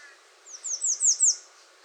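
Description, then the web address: American redstart song: five very high, thin notes, each slurring downward, growing louder toward the end of the short phrase. Recorded 21 June 2019. "soundrecordings 2019-06-21 American Redstart"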